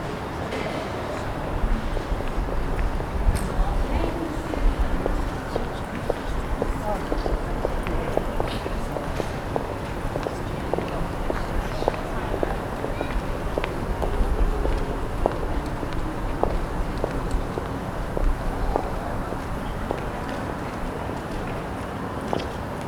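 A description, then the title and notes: A high street market is being set up early in the morning, with steady low traffic rumble and murmuring voices throughout. Frequent footsteps and short knocks and clatters. The level stays even for the whole stretch. High Street wakes up. Captured early in the morning as a High Street market is being set up. It is a cool morning, the ground is wet. People are beginning to enter the centre of the city, going to jobs and cafes.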